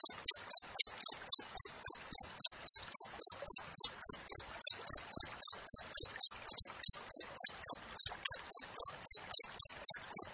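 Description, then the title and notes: Cricket producing a continuous series of short, shrill chirps at a quick regular pace, almost four every second. Wild cricket sound with clear, closely spaced chirps, intended for training songbirds to mimic and for repelling rats. "Masteran Jangkrik Alam Jernih, Jeda Rapat Cocok Untuk Masteran Burung Dan Mengusir Tikus. suara jangkrik"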